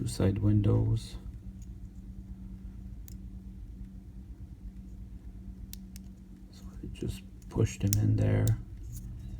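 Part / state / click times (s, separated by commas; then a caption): plastic window insert into a model locomotive body shell / not seated / none. Someone talks while a clear plastic side-window insert is pushed into the body shell of an N scale Kato SD40 model locomotive, with a few faint, sharp ticks of handling between the speech. The clip ends just before the window goes home, so nothing has seated or clicked yet.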